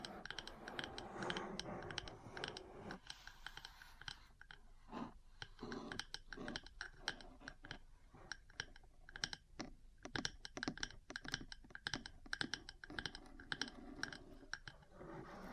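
Metal parts tap and scratch in a dense, uneven stream of small clicks and clatters, like rapid typing. The first three seconds carry a rougher, fuller scraping layer; after that the sound thins into sharper, separate taps that continue irregularly to the end.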